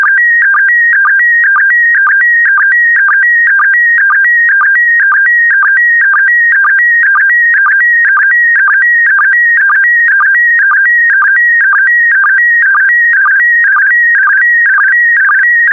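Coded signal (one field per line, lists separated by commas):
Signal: SSTV (slow-scan television)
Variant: PD120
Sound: warbling tone alternating between two pitches with short low blips about twice a second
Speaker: Get ready. Starting transmission in 5, 4, 3, 2, 1. Transmission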